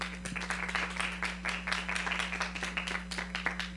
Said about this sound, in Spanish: Entonces, bueno, tenemos aquí a público que se ha dado cita al auditorio de Radio UV, a quienes les pido que brindemos un aplauso a los artistas que esta tarde nos acompañan.